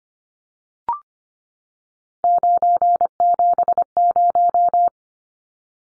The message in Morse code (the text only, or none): 970